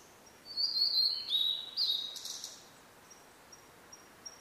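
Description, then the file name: Blue-and-white flycatcher giving a phrase of smooth high whistles with a buzzy finish, then thin faint tones repeating at the end. "oruri"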